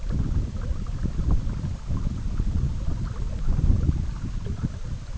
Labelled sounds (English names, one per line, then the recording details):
none
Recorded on Arctic tundra, site EABA-MC, on 19 June 2019
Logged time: 02:00